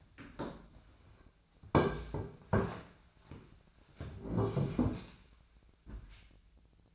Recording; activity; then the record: daily activity, microphone in the room; sit down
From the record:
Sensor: 2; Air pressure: 1008.1 hPa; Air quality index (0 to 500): 180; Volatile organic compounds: 10 ppm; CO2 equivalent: 2210 ppm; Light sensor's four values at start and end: 11/27/11/12 and 11/27/11/12